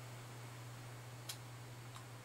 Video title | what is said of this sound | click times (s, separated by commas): [147] Cadman SMET003-1 - Detailed review 2 of 2 (long) | get a little click and see it's neck beckon let's do their little a little closer | 1.3 s